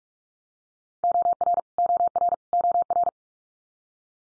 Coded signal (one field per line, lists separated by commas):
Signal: Morse code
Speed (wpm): 44 wpm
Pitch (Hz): 700 Hz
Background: none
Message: OR OR OR